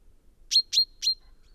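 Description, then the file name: Common chaffinch giving three rapid, sharp, bright call notes in quick succession. "Fringilla coelebs"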